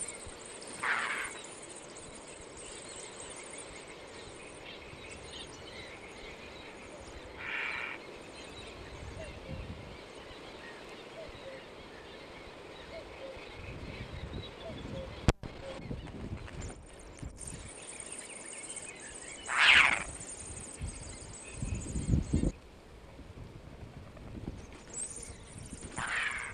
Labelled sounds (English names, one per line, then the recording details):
Eurasian Hoopoe call
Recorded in the wild
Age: juvenile
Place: Niederspree, Oberlausitz, Sachsen, DE
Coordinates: 51.3833, 14.8833
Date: 1962-05-12
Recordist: Meyer, Hugo